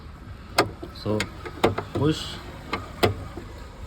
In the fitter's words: can you hear that snap so